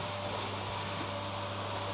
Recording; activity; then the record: daily activity, microphone in the room; vacuum cleaning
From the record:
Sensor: 1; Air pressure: 988.7 hPa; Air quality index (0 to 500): 198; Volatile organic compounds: 986 ppm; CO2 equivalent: 5282 ppm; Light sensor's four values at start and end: 23/87/32/33 and 23/87/33/34